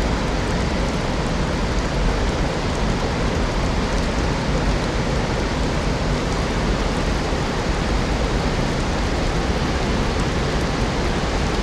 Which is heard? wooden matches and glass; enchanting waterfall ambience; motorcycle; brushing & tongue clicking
enchanting waterfall ambience